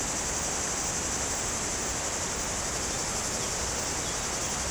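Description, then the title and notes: Cicadas droning in a flat, high, unbroken buzz, mixed with a broad rushing sound of a river. Cicadas very active in trees on a hot day, slopes of the Grand Colombier above Culoz, France, near the Jourdan river. "Chem. de Romagnieux, 01350 Culoz, France - Rivière et cigales. Sur les pentes du Grand Colombier au dessus de Culoz , par cette chaude journée les cigales sont très actives dans les arbres près du Jourdan"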